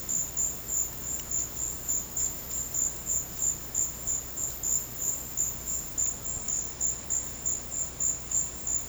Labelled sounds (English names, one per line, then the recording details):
none
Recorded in secondary vegetation near Puerto Asís, Putumayo, Colombia, on 19 March 2025 at 12:30
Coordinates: 0.484, -76.319
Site G010